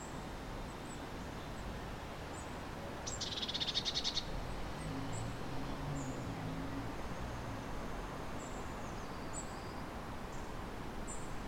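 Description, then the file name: Eurasian blue tit giving a single short buzzy churr, preceded by a thin high note, amid faint high chips and a constant low rumble. "Cyanistes caeruleus"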